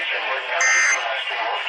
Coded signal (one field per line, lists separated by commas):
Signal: Emergency Alert System (SAME) tones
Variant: end-of-message bursts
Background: speech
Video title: FLASH FLOOD EMERGENCY... EAS Alerts from 8/15/20 (EAS #4,933 - 4,965)